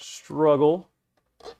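A dense, flexible rubber insert is being pressed blind into a rod spine finder, between the rod blank and the bearing, with a little struggle. A faint rubbing hiss at the start gives way to someone talking, followed by a short silence and a brief soft rustle around 1.4 to 1.6 seconds. Nothing has seated yet.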